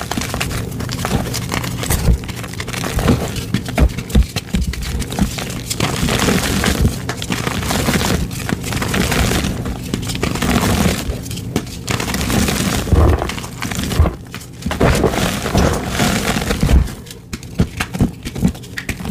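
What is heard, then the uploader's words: Gym chalk cylinders are crushed in a dense, continuous stream of crumbling, crackling and gritty crunching. Sharp snaps and cracks pop out irregularly, several per second, over a low rumbling pressure. The grinding eases briefly near 14 and 17 seconds before resuming. ASMR crushing gym chalk rainbow cylinders.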